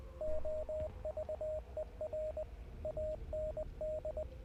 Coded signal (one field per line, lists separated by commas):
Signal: Morse code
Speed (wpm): 19 wpm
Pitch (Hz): 620 Hz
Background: radio noise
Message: OVER AND